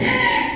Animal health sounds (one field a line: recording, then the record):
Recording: squeal of a Yucatan mini pig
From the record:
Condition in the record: before surgery on the right vocal fold (resection and tissue-engineered implant)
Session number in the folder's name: 2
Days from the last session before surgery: 0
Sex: male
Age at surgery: 12 weeks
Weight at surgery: 13 kg